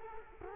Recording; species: mosquito wingbeat signal from an infrared sensor; Culex quinquefasciatus